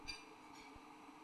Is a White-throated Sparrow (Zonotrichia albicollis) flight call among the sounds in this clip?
no